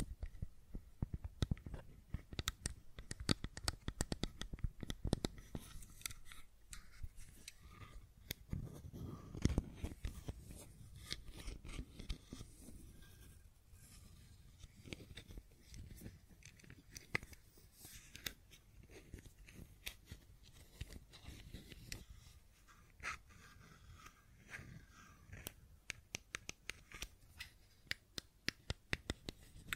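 Fidget cube clicking and tapping, a continuous run of sharp, dry clicks that come quickly and irregularly throughout, sometimes bunched into rapid bursts. Each snap is brief and crisp, with a few louder ones standing out, over a faint low rustle between them.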